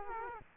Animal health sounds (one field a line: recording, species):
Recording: mosquito wingbeat signal from an infrared sensor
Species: Culex quinquefasciatus